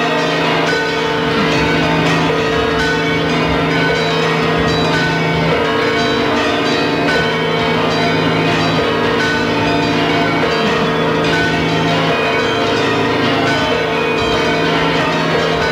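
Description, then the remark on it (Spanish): Several church bells of high and low pitch ring together for Christmas Eve in a full, sustained peal, their overlapping tones blending into a continuous, harmonious wash with no voices present. “Campanas agudas, graves, tenores, barítonos, contraltos, bajos, campanas de muchos siglos, campanas más recientes, de grandes catedrales, de pequeños conventos”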